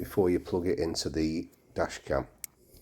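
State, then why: Seated. Someone talks while a clip-on ferrite filter is closed around the USB power cable of an Orskey dash cam, positioned about 3 to 4 inches (7 to 10 cm) from the USB plug before it goes into the dash cam. The two plastic halves snap together with one loud, sharp click at 2.4 s, and the filter is seated shut.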